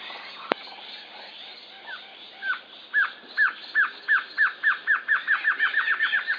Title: LuckyPassaro Completos2Sama. Glossy Antshrike (Sakesphorus luctuosus araguayae (ssp assumed from location))